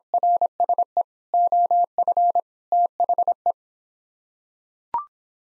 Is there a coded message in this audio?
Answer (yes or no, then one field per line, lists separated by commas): yes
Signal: Morse code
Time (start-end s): 0.1-3.5 s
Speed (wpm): 26 wpm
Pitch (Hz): 700 Hz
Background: none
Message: RSE OF THE